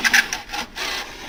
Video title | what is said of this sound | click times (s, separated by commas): BATMThree Setup And Installation | You can hear it clicking and registering. | 0.3 s